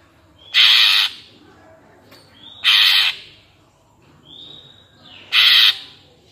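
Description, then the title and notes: Greater green leafbird uttering three loud harsh rasping bursts spaced about two seconds apart, each preceded by a short sliding whistle. Gacor (actively singing) cucak ijo, described as ngentrok with crest raised and as melodious; recording meant as a master track for training captive cucak ijo birds. "Cucak Ijo Gacor Ngentrok Jambul Nembak. suara burung cucak ijo gacor, merdu cocok buat masteran burung cucak ijo"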